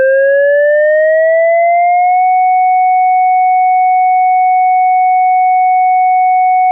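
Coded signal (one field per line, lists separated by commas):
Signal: siren signal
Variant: synthesized electronic siren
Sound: electronic siren tone winds up over two seconds, then holds one steady pitch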